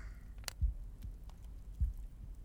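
Soft, low thumping heartbeat in lub-dub pairs, about 50 beats a minute, heard up close against the chest during a hug, over a faint background hiss.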